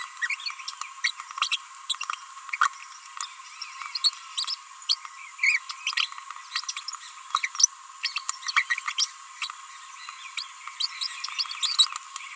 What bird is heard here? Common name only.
Green-rumped Parrotlet